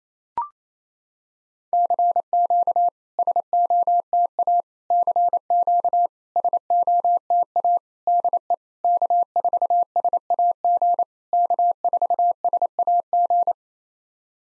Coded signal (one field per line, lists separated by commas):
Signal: Morse code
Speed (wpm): 28 wpm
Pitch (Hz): 700 Hz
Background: none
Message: CQ SOTA CQ SOTA DE K4SAG K4SAG